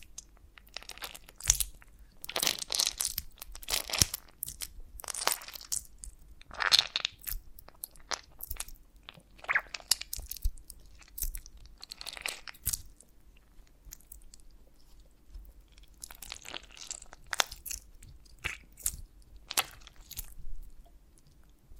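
Honeycomb on a branch being handled and bitten into, giving sticky crunching and tearing sounds in irregular bursts, with short gaps of near quiet. The crackles are bright and crisp, coming every second or two, some clustered in quick runs. A faint low hum sits underneath throughout.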